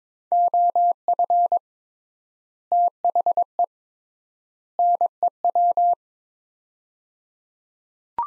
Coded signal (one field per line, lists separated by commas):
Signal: Morse code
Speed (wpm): 22 wpm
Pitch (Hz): 700 Hz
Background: none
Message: OF THE NEW